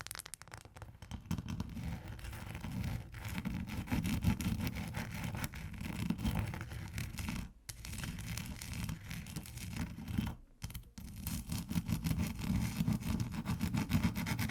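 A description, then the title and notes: Ice is scratched and scraped in a dense, continuous rasp with a heavy low rumble underneath and a gritty, crackling top. The texture stays busy throughout, broken only by brief near-silent gaps around seven and a half and ten and a half seconds. ASMR Ice Tapping & Scratching (No Talking).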